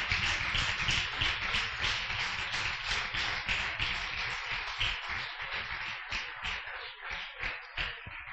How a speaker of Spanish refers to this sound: Dale un fuerte aplauso a la palabra de Dios. Aleluya.